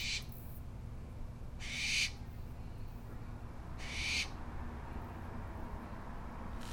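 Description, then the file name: Barn owl screeching, breathy rasping hisses repeated about every two seconds, each roughly half a second long, with a constant low hum underneath. Kern County, California, United States; recorded 18 July 2013. "Barn Owl Kern CA 20130718"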